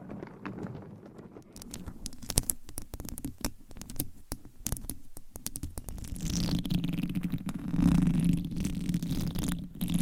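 Quiet for the first second or so, then a dense run of sharp taps and crackling scratches, irregular and quick, sometimes sharper. From about six seconds a low, rubbing rumble swells underneath, peaking near eight seconds while lighter tapping continues over it.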